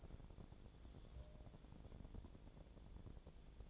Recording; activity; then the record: daily activity, microphone in the room; take from stove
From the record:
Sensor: 5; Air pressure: 1000.1 hPa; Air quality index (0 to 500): 96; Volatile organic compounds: 1 ppm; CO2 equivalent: 786 ppm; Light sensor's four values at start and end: 276/646/281/314 and 277/646/281/315